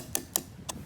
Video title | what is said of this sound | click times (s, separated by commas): How to Save Money on Gas (9 EASY HACKS) | second thing is to make sure when you are closing your gas cap when you fill up your tank to make sure you hear those three clicks | 0.2 s, 0.4 s, 0.7 s